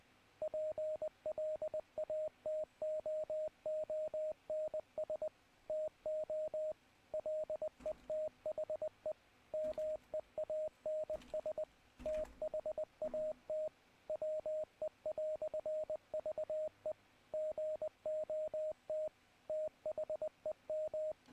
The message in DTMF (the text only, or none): none